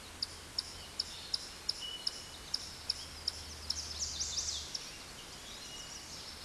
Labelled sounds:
Chestnut-sided Warbler (Setophaga pensylvanica) song

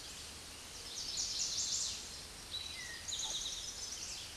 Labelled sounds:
Eastern Towhee (Pipilo erythrophthalmus) song

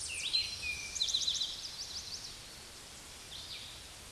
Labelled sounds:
Eastern Towhee (Pipilo erythrophthalmus) song

